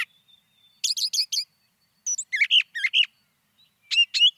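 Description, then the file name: Brown thrasher song: short groups of three or four similar chirping notes separated by brief pauses, with a faint thin whistle early on. "suara-kicauan-brown-thrasher 2-omkicau"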